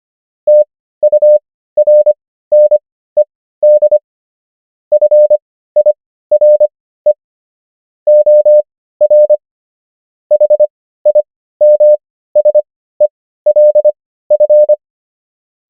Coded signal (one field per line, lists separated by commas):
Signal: Morse code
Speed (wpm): 25 wpm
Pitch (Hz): 600 Hz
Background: none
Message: TURNED FIRE OR HIMSELF